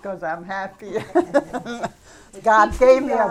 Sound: she laughs

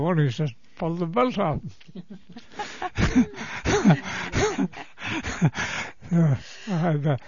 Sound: they laugh

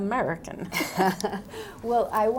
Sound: chuckles

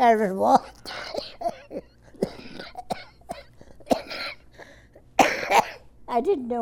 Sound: laughs/Coughs

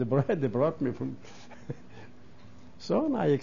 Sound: he laughs

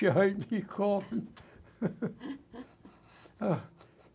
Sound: both laugh

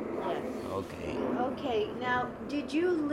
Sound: a train is heard in the background

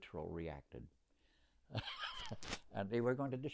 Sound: laughs

